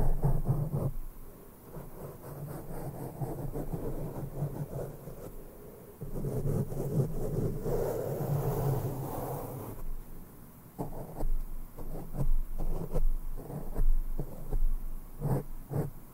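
Mic brushing with no talking: soft, scratchy strokes rub across the microphone in a dense, continuous layer with a low rumble underneath. The texture swells and thins, heaviest around 6 to 10 seconds, then breaks into separate brisk swipes and taps toward the end.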